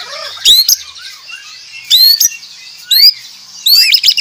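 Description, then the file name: White-rumped shama singing short bursts of sharp upward-sweeping whistles, each separated by soft, quieter warbled notes and brief pauses. Aceh type white-rumped shama, described as clear-voiced, singing continuously with a fast, tightly packed song style (speed rapat). "Suara Jernih murai aceh gacor speed rapat"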